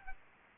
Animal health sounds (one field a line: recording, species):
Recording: mosquito wingbeat signal from an infrared sensor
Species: Aedes aegypti